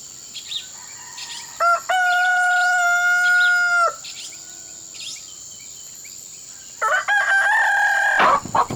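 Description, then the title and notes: Chicken: rooster crowing, a long steady harmonic cock-a-doodle-doo held about two seconds, followed later by a second crow, over a constant high insect whine. Roosters crowing at dawn as the village wakes, Tauary, a small village in the Amazon forest, Amazonas, Brazil. "Les coqs ont leur heure de gloire à l’aube, mais connaissent parfois une triste fin. Tauary, petit village au coeur de la forêt amazonienne"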